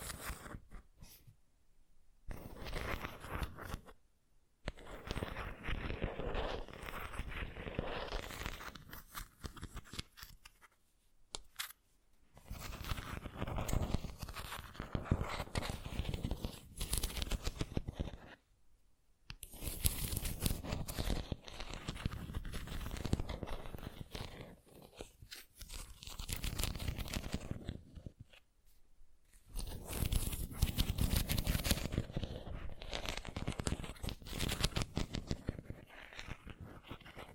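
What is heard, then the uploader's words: An assortment of tingly sounds: crinkly tearing, crackling and scraping come in separate bursts of several seconds each. Short silences fall between them, around 3, 11, 19 and 28 seconds. The textures are dense and hissy. Tingly Sound Assortment.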